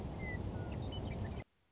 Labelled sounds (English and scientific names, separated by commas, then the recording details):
Western Meadowlark (Sturnella neglecta)
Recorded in Sonoma County, California